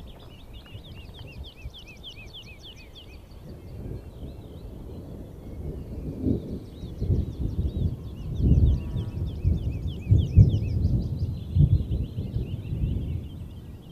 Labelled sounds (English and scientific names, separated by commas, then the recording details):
Wood Lark (Lullula arborea) flight song
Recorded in the wild
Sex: male
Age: adult
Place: Schönow, Naturpark Barnim, Brandenburg, DE
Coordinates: 52.6954, 13.505
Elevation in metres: 68
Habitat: heath
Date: 2014-04-23 15:56
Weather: cloudy, 20°C, weak wind
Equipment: Sound Devices 702, Sennheiser MKH 70, Rycote Windschutz
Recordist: Frommolt, Karl-Heinz